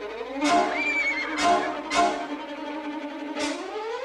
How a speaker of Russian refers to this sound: На другом берегу пасутся лошади. Широко размахивая руками, выходит на берег. Лошади, испугавшись хаму, убегают.